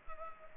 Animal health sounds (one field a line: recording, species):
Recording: mosquito wingbeat signal from an infrared sensor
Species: Culex pipiens